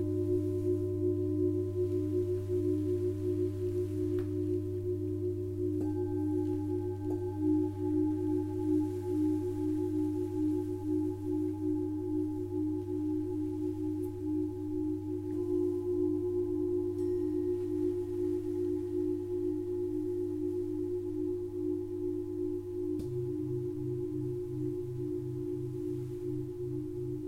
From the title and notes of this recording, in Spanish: Sesion de cuencoa para armonizar cuerpo, mente y alma.